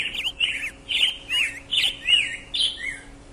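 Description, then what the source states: Black-headed grosbeak song: a quick run of clear, whistled warbling phrases, several short phrases in a row with brief gaps between them. Played recording; song described as a little faster and more whistly than the American robin's, though similar enough in the field to confuse.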